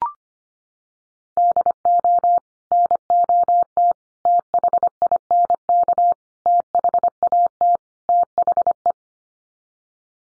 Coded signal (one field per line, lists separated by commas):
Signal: Morse code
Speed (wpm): 25 wpm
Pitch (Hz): 700 Hz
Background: none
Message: DO NOT THINK THAT THE